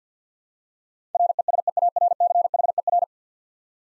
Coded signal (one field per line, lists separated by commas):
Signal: Morse code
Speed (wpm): 48 wpm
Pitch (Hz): 700 Hz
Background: none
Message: RESEARCHER